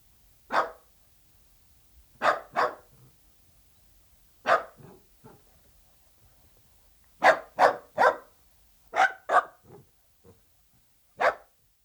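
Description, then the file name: Dachshund barking repeatedly, single barks and quick doublets or triplets, some followed by softer short yaps, with quiet pauses between groups. "Het blaffen van een teckel - Sound Cloud - Beeld en Geluid"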